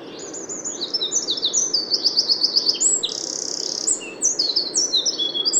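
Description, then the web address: Eurasian wren song: a fast, high, tumbling series of sharp trills and rattled notes that shifts between phrases with barely a pause, bright and loud throughout. "SETE Troglodytes troglodytes"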